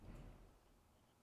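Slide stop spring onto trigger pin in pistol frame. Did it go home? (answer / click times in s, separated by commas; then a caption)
no / none. A trigger pin in a Glock 43X pistol frame is being pushed further in with a punch so the slide stop spring can catch the notch on the pin. There is a low, muffled handling rumble that is strongest in the first 0.4 seconds and then fades to a faint, steady hum. The spring has not clicked onto the pin yet and nothing has seated.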